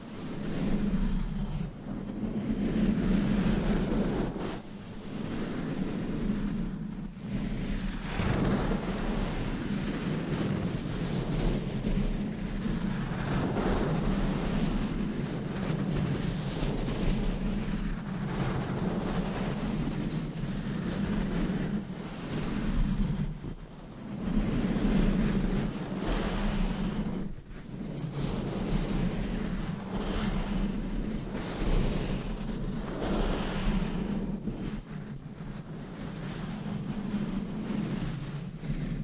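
Continuous brushing and scratching right against a microphone, dense, with a constant low rumble underneath. Strokes sweep in repeating waves every second or two, with brief quiet dips near 4, 24 and 27 seconds before the rubbing resumes.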